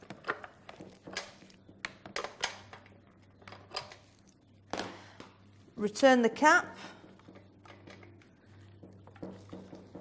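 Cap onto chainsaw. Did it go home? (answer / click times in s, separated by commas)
no / none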